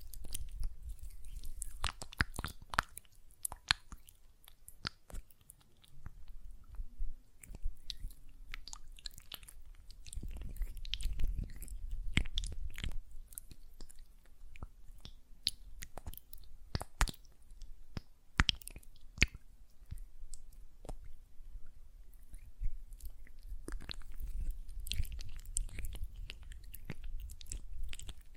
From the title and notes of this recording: ASMR Gel Lotion Hand Sounds (No Talking).